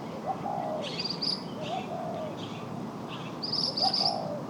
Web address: Pericrocotus divaricatus. صدای-پرنده-سرنجی-خاکستری